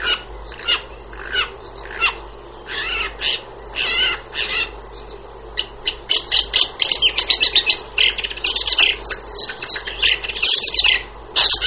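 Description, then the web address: Shrike calls: harsh, buzzy chattering bursts at first, then quicker runs of sharp, scratchy notes packed close together toward the end. "wroblowe laniidae lancor"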